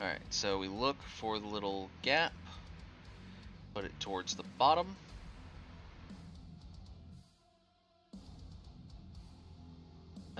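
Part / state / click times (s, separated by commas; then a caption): plastic model kit part into the frame of a robot model / not seated / none. A plastic model kit part is lined up at a small gap in the frame of a robot model and pressed toward the bottom of its mating part while someone talks over steady background music. Only faint, quiet handling sounds follow, and nothing has snapped in yet; the part fails to seat this time.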